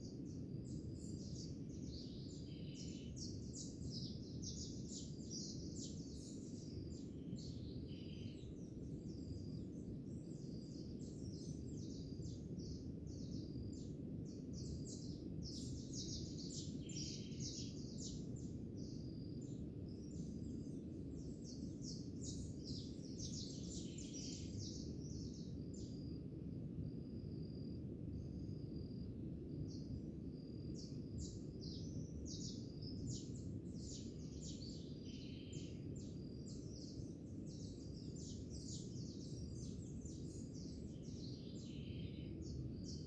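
Birds chirp and twitter almost without pause in high, bright bursts, with crickets adding a thin, steady trill up top. Beneath them a low, continuous ocean roar rumbles on evenly, filling the background for the whole stretch without any break.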